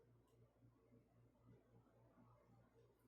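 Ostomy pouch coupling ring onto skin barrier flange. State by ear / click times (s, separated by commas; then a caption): not seated / none. An ostomy pouch is raised and its plastic coupling ring is positioned against the skin barrier flange, ready to be pressed home. Only faint, soft handling ticks and rustles are heard over a steady low hum. Nothing has clicked or seated yet.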